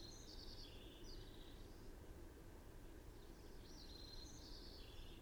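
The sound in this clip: Bird song in two bursts of quick high twittering notes separated by a short pause, with a continuous low rumbling noise throughout.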